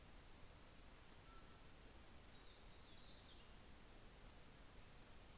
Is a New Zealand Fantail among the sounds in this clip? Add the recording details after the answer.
no. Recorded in New Zealand on 24 December 2018. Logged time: 15:05